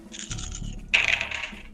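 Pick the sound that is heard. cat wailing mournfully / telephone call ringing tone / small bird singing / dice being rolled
dice being rolled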